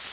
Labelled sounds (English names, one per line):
Hooded Warbler flight call